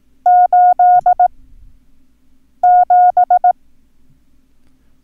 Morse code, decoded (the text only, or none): 87